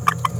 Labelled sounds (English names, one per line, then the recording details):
Green-rumped Parrotlet babbling
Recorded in a nest box in Venezuela
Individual 18B17A4